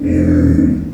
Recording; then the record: squeal of a Yucatan mini pig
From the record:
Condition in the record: after surgery on the right vocal fold (resection and tissue-engineered implant); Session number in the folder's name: 7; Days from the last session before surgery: 47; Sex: female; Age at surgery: 19 weeks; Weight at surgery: 25 kg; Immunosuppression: prednisolone